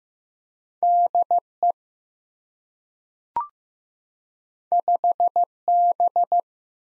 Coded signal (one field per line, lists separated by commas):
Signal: Morse code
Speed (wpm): 15 wpm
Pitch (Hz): 700 Hz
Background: none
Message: DE 5B